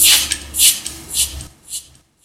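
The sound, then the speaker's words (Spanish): A toast with glasses of beer homemade in Bariloche: about five bright clinks at a steady, unhurried pace, the last ones softer, with a low rumble underneath and no talking. “El sonido, el brindis.”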